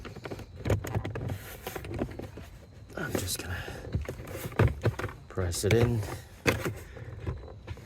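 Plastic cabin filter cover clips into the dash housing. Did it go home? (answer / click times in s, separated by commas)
yes / 6.5 s, 6.7 s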